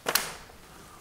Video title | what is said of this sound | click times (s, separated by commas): Cleaning Masterview Double and Single Hung Windows | you can either push it in and hear the clicks | 0.1 s, 0.2 s